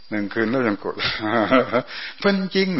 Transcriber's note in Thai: หัวเราะ